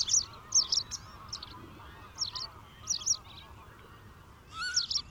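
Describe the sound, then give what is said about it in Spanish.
Thousands of wild geese and cranes honk in short, nasal bursts in thick fog over flooded fields, several calls overlapping in irregular clusters over about five seconds, with a low, steady background murmur underneath and no voices. “Parece que, como nosotros, miles de grullas y gansos silvestres tampoco encuentran las lagunas.”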